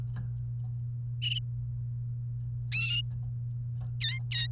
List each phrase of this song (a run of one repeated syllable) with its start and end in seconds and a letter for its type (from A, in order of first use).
4.01-4.47 A